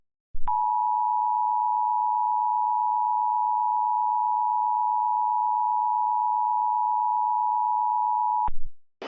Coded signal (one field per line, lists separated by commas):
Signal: Emergency Alert System (SAME) tones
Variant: 853 and 960 Hz attention tone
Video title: EAS Remake: Orlando SVR.